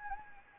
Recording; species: mosquito wingbeat signal from an infrared sensor; Anopheles gambiae